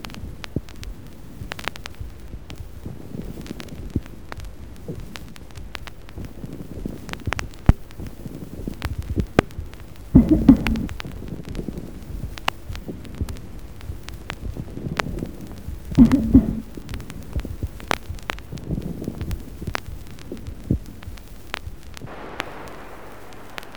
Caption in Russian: Шум трения плевры, в отличие от влажных мелкопузырчатых хрипов, не меняется при покашливании.